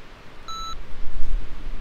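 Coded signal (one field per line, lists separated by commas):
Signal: pager alert tone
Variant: Yaesu VX-8G handheld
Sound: a single short electronic beep, about a quarter second, then quiet rumble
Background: low background rumble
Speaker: okay that that ringing tone there that dude Lulu that means that we've received a message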